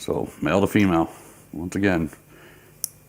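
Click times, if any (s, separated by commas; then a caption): 2.8 s. Someone talks while joining the male and female halves of a flat 4-pin plastic wiring connector into its mating splitter on a motorcycle fairing light harness. A single sharp click sounds at 2.8 s as the plastic latch seats, and the connector is fully plugged in.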